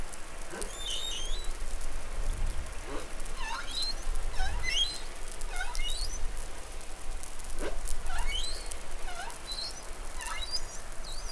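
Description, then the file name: Humpback whale song of many brief high chirps and downward-sweeping squeaks, scattered irregularly over a soft low background. Recorded in New Caledonia on 20 July 2013. "Baleinea Bosse Nouvelle Caledonie 20130720 Glotin"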